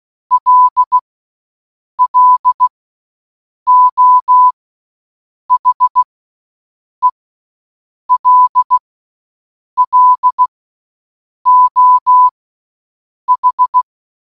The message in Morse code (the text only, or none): LLO HELLO H